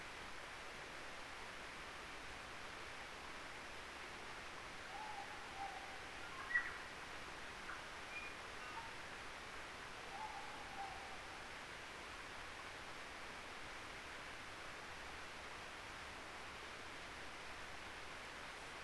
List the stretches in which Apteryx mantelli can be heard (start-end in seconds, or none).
none